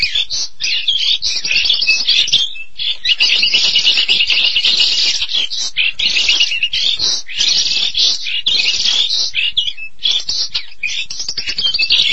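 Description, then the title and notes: Starling song, a dense continuous stream of buzzy, scratchy chatter and whistled notes with brief pauses, steady throughout. "suara burung jalak"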